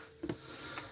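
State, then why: Seated. The overhead locker door of a 2017 Burstner Nexxo T690G Sovereign Edition motorhome, fitted with a push-handle latch, is closed. A single short, defined click is heard at 0.3 s as the latch clicks shut and the door seats.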